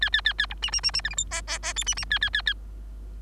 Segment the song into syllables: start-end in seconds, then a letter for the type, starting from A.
0.01-0.10 A, 0.12-0.21 A, 0.25-0.33 A, 0.38-0.47 A, 0.50-0.54 B, 0.62-0.71 C, 0.72-0.81 C, 0.83-0.91 C, 0.93-1.01 C, 1.04-1.10 D, 1.10-1.15 E, 1.17-1.24 F, 1.31-1.41 G, 1.47-1.59 G, 1.62-1.73 G, 1.75-1.84 H, 1.86-1.95 C, 1.96-2.05 C, 2.10-2.19 A, 2.21-2.30 A, 2.33-2.42 A, 2.46-2.54 A